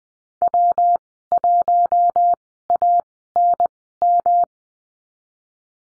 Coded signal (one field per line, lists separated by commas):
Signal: Morse code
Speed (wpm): 20 wpm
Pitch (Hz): 700 Hz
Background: none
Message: W1ANM